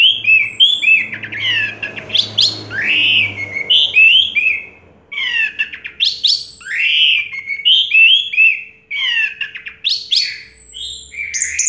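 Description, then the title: Orange-headed thrush song: a run of varied mid-high whistled and slurred notes, some scratchy, with brief pauses and a low hum early on. Call used to prompt a silent orange-headed thrush to sing. "Anis Merah Macet.. Pancing Dengan Suara Ini.. # Anis Merah"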